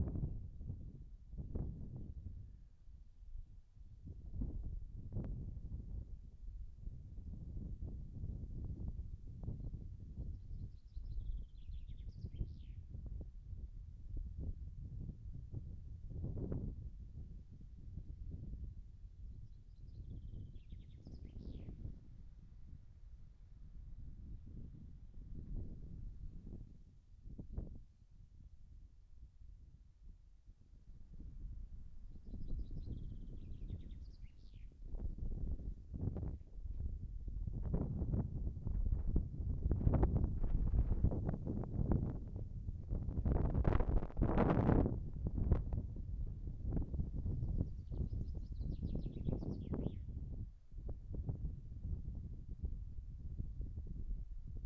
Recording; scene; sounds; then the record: everyday scene through a hearing-aid microphone; wind on the microphone; wind, birds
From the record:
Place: in front of a rural house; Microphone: behind the ear, right, rear